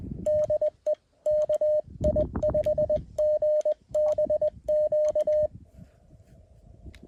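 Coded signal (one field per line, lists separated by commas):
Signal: Morse code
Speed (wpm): 21 wpm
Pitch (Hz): 610 Hz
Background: none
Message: DE KI5GBQ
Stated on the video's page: CW POTA activation on a hike-in summit in the Wichita Mountains.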